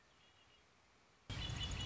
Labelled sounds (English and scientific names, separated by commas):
Red-winged Blackbird (Agelaius phoeniceus)